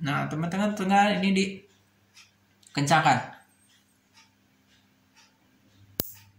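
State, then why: Seated. A crimping tool is squeezed onto an RJ45 plug on a UTP network cable while someone talks, then a quiet stretch follows. A single sharp click is heard at 6.0 s, showing the plug's gold copper contacts have locked onto the small wires and the crimp is seated.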